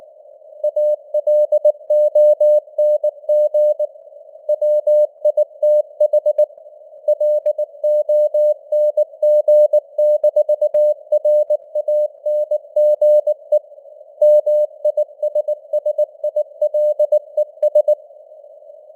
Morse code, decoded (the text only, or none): ALONG WITH LONG-RANGE MISSILES